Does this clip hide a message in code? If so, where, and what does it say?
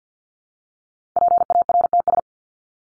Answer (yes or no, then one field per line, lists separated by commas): yes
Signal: Morse code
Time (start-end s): 1.2-2.2 s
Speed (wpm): 50 wpm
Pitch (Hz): 700 Hz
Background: none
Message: PARTS